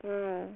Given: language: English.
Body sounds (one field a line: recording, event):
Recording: throat vibration sensor signal played as sound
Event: speech